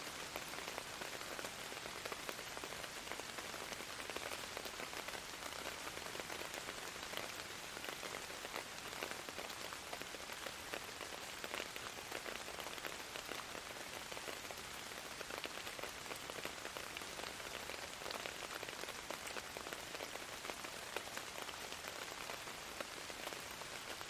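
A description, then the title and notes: Gentle rain falls steadily and evenly throughout, a dense hiss of fine drops pattering, with no other sounds standing out. With the sound of gentle rain for 10 hours.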